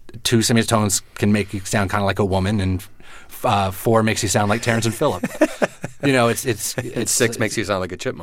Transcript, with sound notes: Two semitones can make you sound kind of like a woman, and four makes you sound like Terrance and Phillip. (Soundbite of laughter) You know, and six makes you sound like a chipmunk.